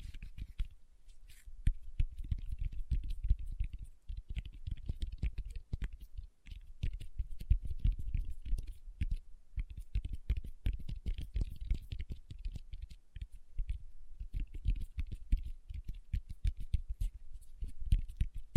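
Fingertips tap in quick, irregular clusters throughout, dull low knocks with faint clicky tops, pausing briefly now and then before resuming.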